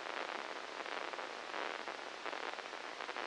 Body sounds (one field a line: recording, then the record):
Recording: brain microelectrode recording played as sound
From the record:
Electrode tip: inside the subthalamic nucleus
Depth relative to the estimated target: -1 mm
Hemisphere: left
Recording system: NeuroSet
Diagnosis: Parkinson's disease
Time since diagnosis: 13 years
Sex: male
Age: 63 years